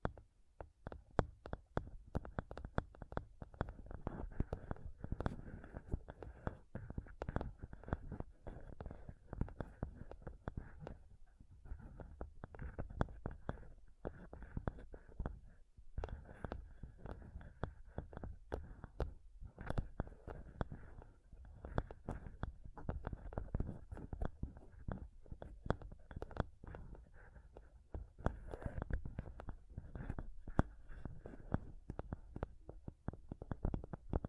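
Scratching and touching sounds on a microphone, a dense run of rough rubbing and tapping that continues for the whole clip with hardly a pause. The noise is heavy and low, with sharp crackly bursts and a few brief quiet gaps.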